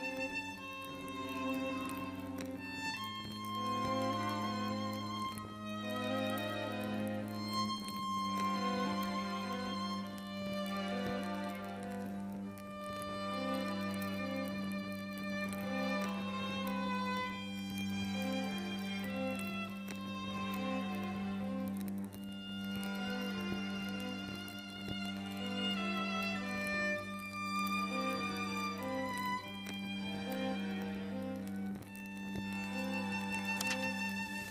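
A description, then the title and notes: Classical music plays steadily at an even, moderate level, with a sustained low bass line under layered melodic strings and bright flowing phrases throughout. Reading Nook w Candles and Classical Music.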